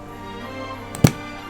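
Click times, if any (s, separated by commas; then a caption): 1.1 s. An eyeshadow palette lid is closed so its plastic hook latch catches the button on the palette base, confirming it is shut securely. Over steady background music, a faint tick at 0.9 s is followed by a sharp, louder click at 1.1 s as the hook latches.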